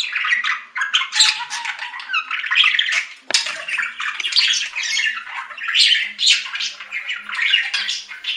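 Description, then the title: Budgerigar chattering: unbroken fast warbling of scratchy chirps and squeaks with a sharp click midway. "Budgie Sounds"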